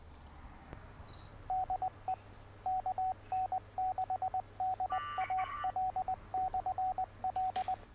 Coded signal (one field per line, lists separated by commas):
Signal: Morse code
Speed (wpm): 20 wpm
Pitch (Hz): 750 Hz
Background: radio noise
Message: DE KN6DAL/L